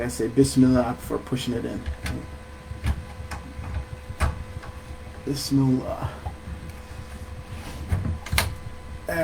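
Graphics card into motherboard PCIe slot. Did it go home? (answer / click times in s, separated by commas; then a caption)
yes / 8.4 s. An RTX 2080 Super graphics card is pushed into the motherboard PCIe expansion slot of a Threadripper PC while someone talks. A sharp click at 8.4 s marks the slot latch engaging, and the card is seated, ready to be lined up and screwed in.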